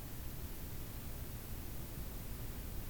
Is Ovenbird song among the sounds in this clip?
no